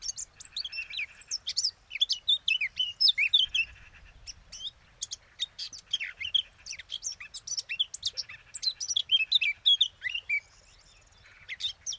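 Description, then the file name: Eurasian blackcap singing a rapid, varied warble of high chirps and slurred notes, almost continuous, with a few brief pauses. "Sylvia atricapilla"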